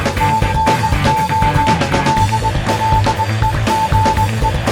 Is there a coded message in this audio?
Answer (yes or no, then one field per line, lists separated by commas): yes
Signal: Morse code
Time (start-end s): 0.2-4.5 s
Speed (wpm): 20 wpm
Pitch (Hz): 880 Hz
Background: music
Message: TNO DLEGE